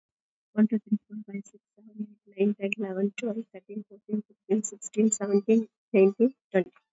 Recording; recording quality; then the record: counting at a fast pace; excellent, no background noise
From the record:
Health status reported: COVID-19 positive, mild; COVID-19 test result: positive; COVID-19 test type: RT-PCR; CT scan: taken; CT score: 4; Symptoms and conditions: muscle pain, diabetes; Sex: female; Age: 59 years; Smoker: no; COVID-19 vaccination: both doses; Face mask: worn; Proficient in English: yes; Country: India